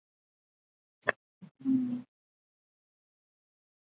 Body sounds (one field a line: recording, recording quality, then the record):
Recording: sustained vowel as in beet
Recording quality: excellent, no background noise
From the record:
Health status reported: COVID-19 positive, mild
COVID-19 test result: positive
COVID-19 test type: RT-PCR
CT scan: not taken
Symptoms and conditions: cough, fever, fatigue, muscle pain, asthma, hypertension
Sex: male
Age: 28 years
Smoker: no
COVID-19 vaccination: both doses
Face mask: worn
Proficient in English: yes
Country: India